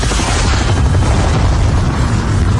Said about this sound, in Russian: Ракета с оглушительным визгом врезалась в борт вертолета, и новый взрыв потряс окрестности.